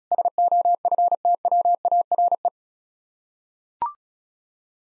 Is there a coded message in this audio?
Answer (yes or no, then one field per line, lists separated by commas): yes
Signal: Morse code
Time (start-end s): 0.1-2.5 s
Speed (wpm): 36 wpm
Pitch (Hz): 700 Hz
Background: none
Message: SOFTWARE